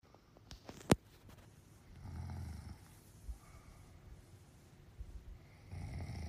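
Snoring from a sleeping adult: two low-pitched, rumbling snores with quieter breathing between them.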